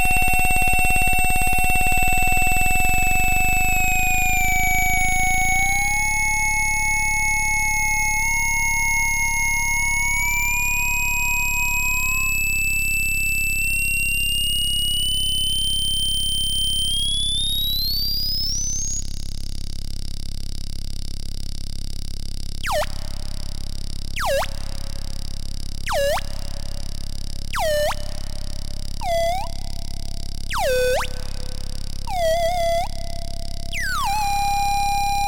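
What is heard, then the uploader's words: Electronic feedback tones from a mixer, several pure whistling pitches sliding slowly up and down for the first twenty seconds. Later, a steady hum holds while repeated sharp chirps drop quickly in pitch every second or two until the end. Study for No-Input Mixer #7 (2023)- five voices with happy end. At Studio kHz on a vintage MACKIE 1604 mixing desk, patched as a no-input mixer. In this final piece I used 5 channels with internal audio feedback, controlled by faders and knobs with amazing resolution.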